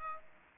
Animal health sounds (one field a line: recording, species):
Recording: mosquito wingbeat signal from an infrared sensor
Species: Aedes aegypti